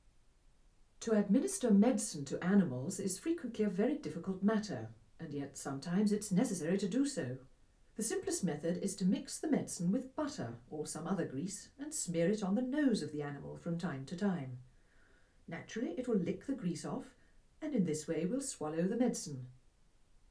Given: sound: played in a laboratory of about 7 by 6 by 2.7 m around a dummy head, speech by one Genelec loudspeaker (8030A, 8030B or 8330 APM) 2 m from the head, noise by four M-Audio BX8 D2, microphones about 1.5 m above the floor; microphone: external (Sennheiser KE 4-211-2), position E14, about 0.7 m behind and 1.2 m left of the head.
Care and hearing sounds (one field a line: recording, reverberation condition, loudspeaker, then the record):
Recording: female speech in English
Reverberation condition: low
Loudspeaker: 150 degrees to the right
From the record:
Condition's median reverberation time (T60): about 310 ms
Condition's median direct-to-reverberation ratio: about 3.5 dB